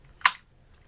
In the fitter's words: the way this works this actually slides you'll hear it snap and lock into place and now it's locked on there it's not gonna pop off it's not loose